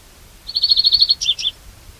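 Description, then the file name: European greenfinch call: a fast trill of several even notes, then a few sharper, higher chirps, on a quiet background. "Chloris chloris"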